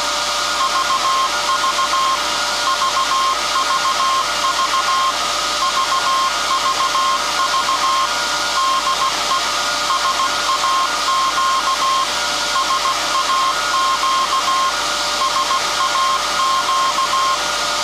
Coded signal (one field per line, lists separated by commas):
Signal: Morse code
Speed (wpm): 16 wpm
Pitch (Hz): 1060 Hz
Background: none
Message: VV VVV VVV DE SAQ SAQ SAQ